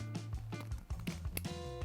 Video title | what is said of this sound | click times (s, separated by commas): 10 ULTIMATE DIY Plumbing Mistakes Guide & How to Fix Them - Plumberparts | There you go, did you hear that click? | 1.4 s